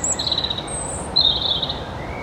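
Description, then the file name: European robin song: thin, high whistled notes, a short held phrase early and a longer wavering one later, over steady hissing background noise. "Erithacus rubecula"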